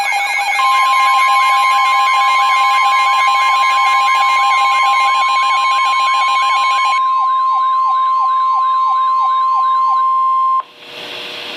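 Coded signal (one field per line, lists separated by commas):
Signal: Emergency Alert System (SAME) tones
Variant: 1050 Hz attention tone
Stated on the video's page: Real Special Marine Warning and Severe Thunderstorm Warning alerts relayed by a Milwaukee NOAA weather radio station.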